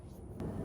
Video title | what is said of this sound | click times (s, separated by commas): Two New Cleaning Tools from Fanttik - NB8 Nano and NB8 Ultra Review | It just clicks right into place. | 0.4 s